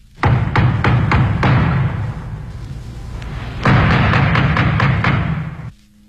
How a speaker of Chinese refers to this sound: 就在此时，狼却直接跑到外婆家，敲了敲门。